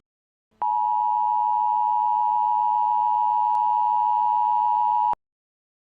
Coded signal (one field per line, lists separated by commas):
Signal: Emergency Alert System (SAME) tones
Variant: 853 and 960 Hz attention tone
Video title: EAS Scenario: End Of The World (Comcast Version)